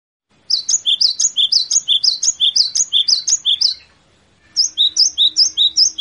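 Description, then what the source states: Cinereous tit calling, a fast run of high paired notes, each a sharp upper note dropping to a lower one, a brief pause, then a shorter run. Three types of natural call.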